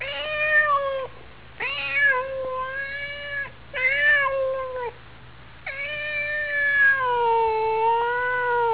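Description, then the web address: Cat meowing in four drawn-out, harmonic-rich calls, the last one longest, wavering downward and still going at the end; low steady hum underneath. "olga. кошка"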